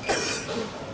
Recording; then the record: coughing mixed with background sound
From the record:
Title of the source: 31 night wet cough